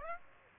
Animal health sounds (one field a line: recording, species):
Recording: mosquito wingbeat signal from an infrared sensor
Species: Aedes aegypti